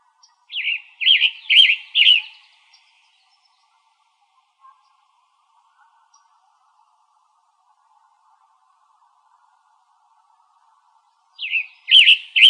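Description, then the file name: Western tanager song: four short hoarse, burry phrases in quick succession, a long quiet pause, then another burst of burry phrases at the end. Recorded in Arizona on 1 May 2005. "WETA 1 deviche"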